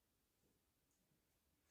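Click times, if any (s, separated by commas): none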